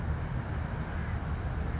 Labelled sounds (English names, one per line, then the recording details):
California Towhee
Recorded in Sonoma County, California